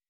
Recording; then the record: hydrophone in a shrimp aquaculture tank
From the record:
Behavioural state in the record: weakened